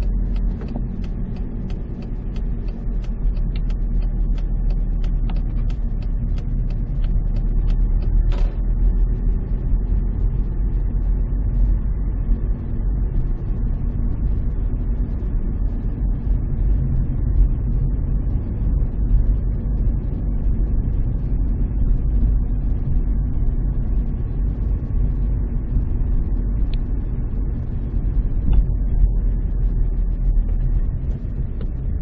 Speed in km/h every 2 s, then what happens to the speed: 19, 18, 13, 16, 19, 20, 23, 23, 23, 23, 23, 23, 23, 21, 19, 16.
0-6 steady at about 16. 6-12 speeds up to 23. 12-25 steady at about 23. 25-32 slows to 16.